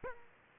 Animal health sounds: mosquito wingbeat signal from an infrared sensor; Aedes aegypti

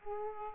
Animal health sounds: mosquito wingbeat signal from an infrared sensor; Aedes aegypti

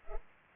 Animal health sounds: mosquito wingbeat signal from an infrared sensor; Culex pipiens

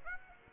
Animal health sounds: mosquito wingbeat signal from an infrared sensor; Aedes aegypti

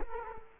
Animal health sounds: mosquito wingbeat signal from an infrared sensor; Culex quinquefasciatus

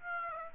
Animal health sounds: mosquito wingbeat signal from an infrared sensor; Aedes aegypti

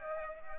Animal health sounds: mosquito wingbeat signal from an infrared sensor; Aedes aegypti

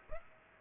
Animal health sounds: mosquito wingbeat signal from an infrared sensor; Aedes aegypti

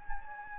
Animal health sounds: mosquito wingbeat signal from an infrared sensor; Anopheles gambiae

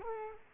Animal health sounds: mosquito wingbeat signal from an infrared sensor; Culex quinquefasciatus

